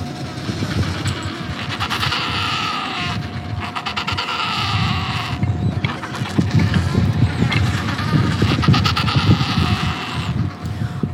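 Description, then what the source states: Adélie penguin colony, a dense, noisy chorus of harsh, chattering calls from many birds, with a steady hum throughout. Colony recorded while walking around an island in Antarctica in January 2019; birds busy feeding young and finishing nests; declining population.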